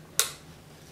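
Optical fiber, wrapped counterclockwise around a laser's top plate, is pressed into the retaining clips. A single sharp click at 0.2 s fades quickly into a low steady hum. The fiber seats in the clips, which hold it in place.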